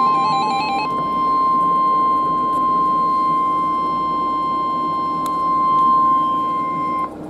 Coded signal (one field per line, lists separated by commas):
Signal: Emergency Alert System (SAME) tones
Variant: 1050 Hz attention tone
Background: music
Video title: Two In One Combo - EAS Alerts From 6/14/2022 & 6/16/2022 (EAS #35-46)